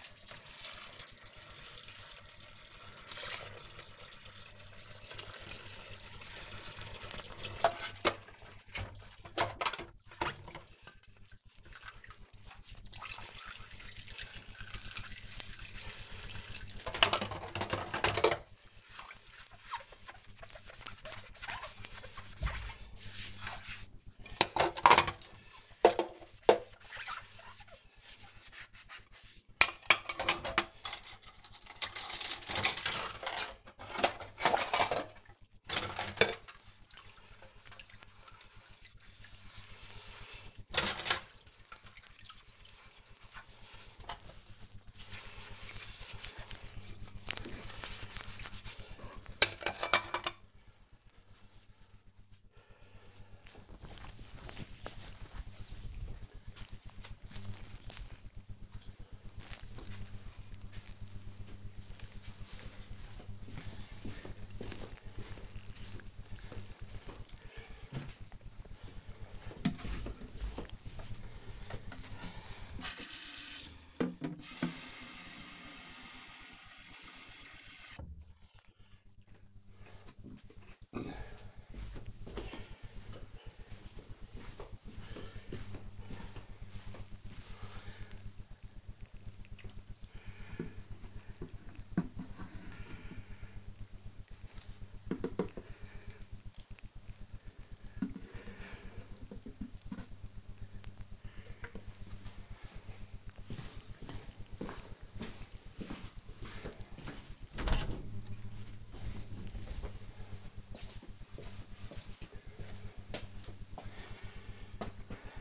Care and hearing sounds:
household activities, microphone on the right wrist
0.00-49.35 s: washing dishes
68.48-115.41 s: watering plant

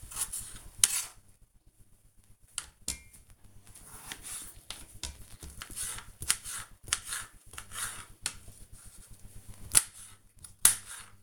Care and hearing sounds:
household activities, microphone on the right wrist
0.00-11.23 s: cutting vegetables

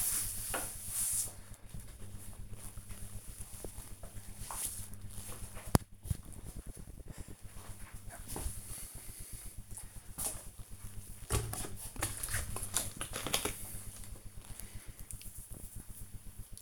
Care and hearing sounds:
household activities, microphone on the right wrist
12.90-16.62 s: drinking

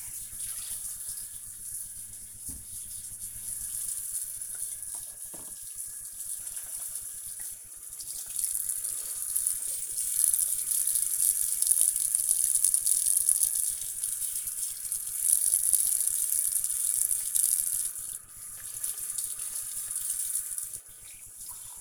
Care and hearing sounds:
household activities, microphone on the right wrist
0.00-21.81 s: washing dishes

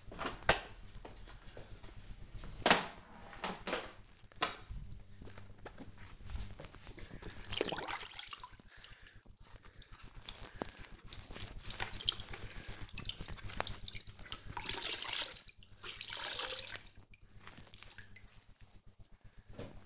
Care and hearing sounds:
household activities, microphone on the right wrist
0.00-19.86 s: floor cleaning

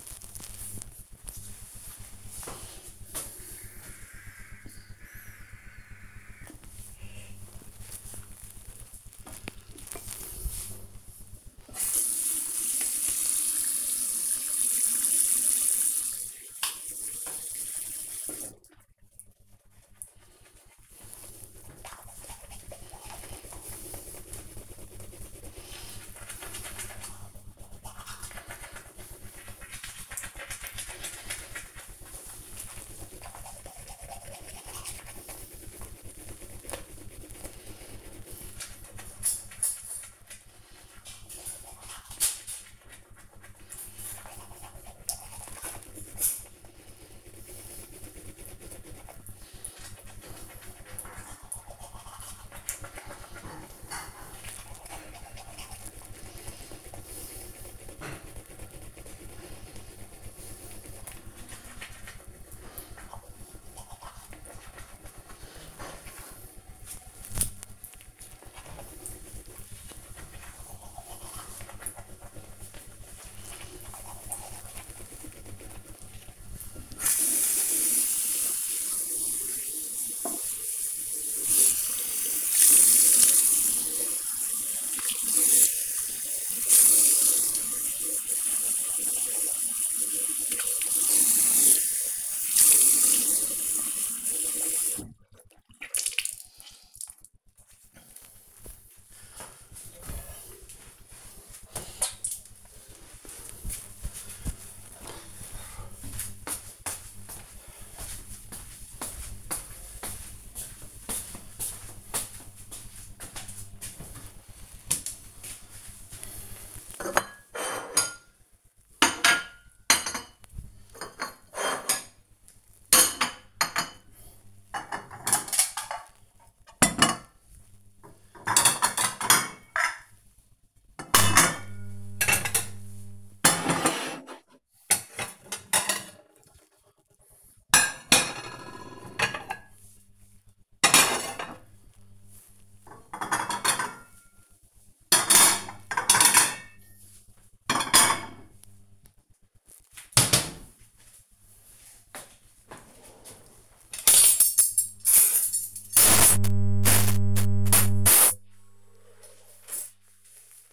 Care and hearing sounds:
household activities, microphone on the right wrist
10.20-98.80 s: brushing teeth
113.93-159.24 s: putting away the dishes

